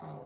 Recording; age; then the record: pig call; piglet (1 to 25 days)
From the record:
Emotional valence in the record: negative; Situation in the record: long isolation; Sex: male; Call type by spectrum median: low-frequency call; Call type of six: low-frequency stable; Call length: 0.26 s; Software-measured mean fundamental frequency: 53 Hz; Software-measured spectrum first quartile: 194 Hz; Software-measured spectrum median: 449 Hz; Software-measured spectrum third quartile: 795 Hz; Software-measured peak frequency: 156 Hz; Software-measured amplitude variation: 66 dB a second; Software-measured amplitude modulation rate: 25.4 a second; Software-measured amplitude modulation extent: 2.6 dB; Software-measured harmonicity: -0.3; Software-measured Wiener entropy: -0.10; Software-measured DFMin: 1456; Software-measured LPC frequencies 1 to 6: 671, 2023, 4263, 5116, 6021, 8165 Hz